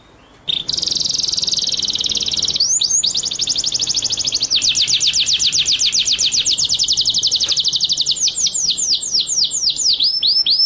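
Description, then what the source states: White-rumped shama song: a long unbroken stream of very rapid high trilling that shifts into quick rolling upslurred whistles repeated several times a second. Masteran training track of full rolling (ngerol) and rapid-fire (nembak) song style.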